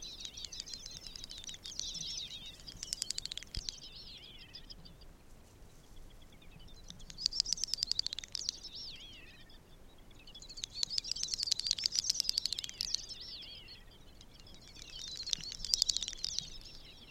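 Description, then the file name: Great snipe calls: four bouts of rapid dry clicking mixed with high, warbling, bubbling whistles, separated by quieter gaps. "Dubbelbeckasin"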